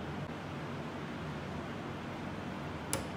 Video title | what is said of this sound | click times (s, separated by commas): แจกสูตรฟรี !! ไอศกรีมนมเปรี้ยวเจลลี่แสนง่าย By : Scoopy ice | ค่ะเช็คให้แน่นว่าใบพัดลงล็อคสนิทนะคะ | 2.9 s